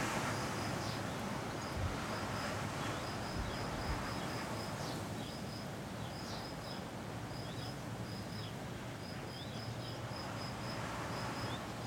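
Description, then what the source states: Cicada song, high rhythmic pulse-bursts repeating with small pauses, set against a steady rushing wind. Single cicada hiding in the recordist's garden all week; recorded on a day of constant mistral wind blowing through a pine tree.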